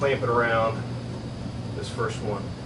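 A plastic clamp-on current sensor for an Emporia Vue 2 is being handled around a breaker wire in a panel, with its arrow facing the breakers, while someone talks over a steady low hum. The clamp has not yet clicked shut and nothing has seated.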